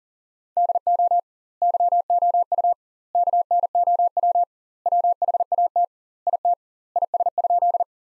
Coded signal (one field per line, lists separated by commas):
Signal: Morse code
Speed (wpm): 40 wpm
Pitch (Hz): 700 Hz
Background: none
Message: DO YOU KNOW WHAT IT IS?